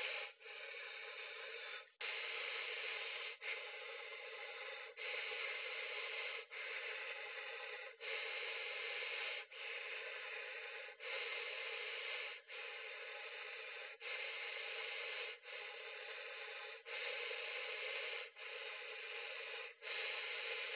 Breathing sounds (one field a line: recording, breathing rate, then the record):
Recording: paced breathing near a phone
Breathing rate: 20 breaths a minute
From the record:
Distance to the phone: 20 cm